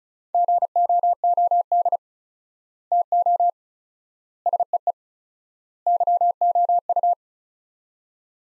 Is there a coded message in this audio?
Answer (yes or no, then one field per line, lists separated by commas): yes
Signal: Morse code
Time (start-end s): 0.3-7.1 s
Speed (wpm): 36 wpm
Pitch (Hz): 700 Hz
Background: none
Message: GOOD TO SEE YOU